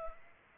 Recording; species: mosquito wingbeat signal from an infrared sensor; Culex pipiens